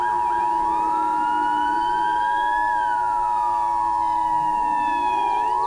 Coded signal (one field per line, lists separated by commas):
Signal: Emergency Alert System (SAME) tones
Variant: 853 and 960 Hz attention tone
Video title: EAS-ter Scenario: Hatched from Hell (PART 1) (kinda late)